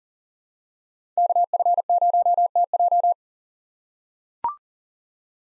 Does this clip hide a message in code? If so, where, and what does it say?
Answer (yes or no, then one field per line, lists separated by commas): yes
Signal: Morse code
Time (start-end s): 1.2-3.1 s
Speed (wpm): 40 wpm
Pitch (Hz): 700 Hz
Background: none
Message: KF0TJ